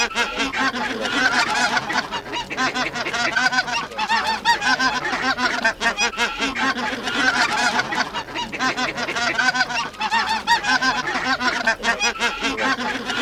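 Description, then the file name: Greater white-fronted goose: greater white-fronted geese in a large flock, a steady babble of overlapping squeaky honks and yelps with no pause throughout. Flock calls of a white-fronted goose gathering, prepared for use in an electronic hunting caller. "Белолобый базар"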